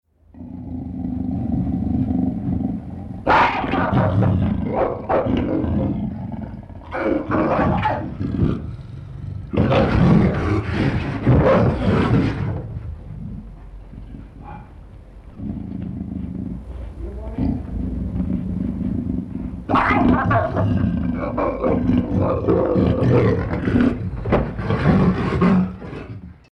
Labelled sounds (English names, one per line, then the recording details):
Leopard
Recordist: Tembrock, Günter
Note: Begattung